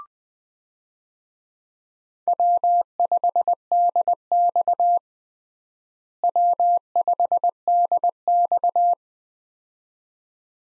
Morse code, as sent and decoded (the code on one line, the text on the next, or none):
.-- ..... -.. -..- / .-- ..... -.. -..-
W5DX W5DX